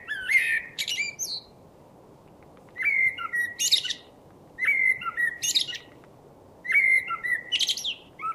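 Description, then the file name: Common blackbird singing four short phrases, roughly every two seconds, each a mellow fluted note followed by shrill, scratchy high-pitched flourishes. "Turdus merula"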